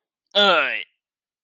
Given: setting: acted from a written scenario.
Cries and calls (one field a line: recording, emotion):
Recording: vocal sound without words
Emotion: pain